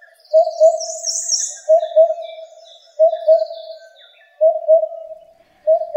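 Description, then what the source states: Oriental cuckoo song: low, hollow paired hoots repeated steadily, with thin high twitters and trills from other small birds above. Recorded on Miyake-jima, Tokyo, Japan.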